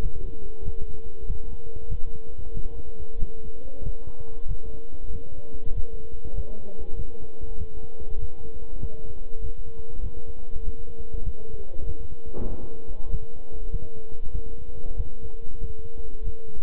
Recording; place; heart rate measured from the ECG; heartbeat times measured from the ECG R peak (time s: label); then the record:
heart sounds by stethoscope; between the tricuspid and mitral areas; 96 bpm
0.00 s: heartbeat
0.63 s: heartbeat
1.25 s: heartbeat
1.87 s: heartbeat
2.52 s: heartbeat
3.17 s: heartbeat
3.82 s: heartbeat
4.46 s: heartbeat
5.10 s: heartbeat
5.73 s: heartbeat
6.33 s: heartbeat
6.95 s: heartbeat
7.56 s: heartbeat
8.18 s: heartbeat
8.78 s: heartbeat
9.40 s: heartbeat
10.01 s: heartbeat
10.62 s: heartbeat
11.22 s: heartbeat
11.84 s: heartbeat
12.47 s: heartbeat
13.09 s: heartbeat
13.69 s: heartbeat
14.30 s: heartbeat
14.95 s: heartbeat
15.58 s: heartbeat
16.22 s: heartbeat
From the record:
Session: walking at 3.7 km/h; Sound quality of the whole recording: good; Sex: male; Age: 26 years